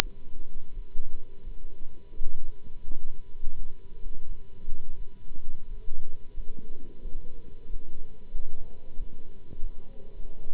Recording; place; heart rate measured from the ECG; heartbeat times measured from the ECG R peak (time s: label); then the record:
heart sounds by stethoscope; between the tricuspid and mitral areas; 89 bpm
0.72 s: heartbeat
1.42 s: heartbeat
2.15 s: heartbeat
2.83 s: heartbeat
3.54 s: heartbeat
4.24 s: heartbeat
4.95 s: heartbeat
5.67 s: heartbeat
6.33 s: heartbeat
7.01 s: heartbeat
7.67 s: heartbeat
8.32 s: heartbeat
8.96 s: heartbeat
9.60 s: heartbeat
10.13 s: heartbeat
From the record:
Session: Bruce protocol treadmill stress test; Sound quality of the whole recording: good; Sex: male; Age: 26 years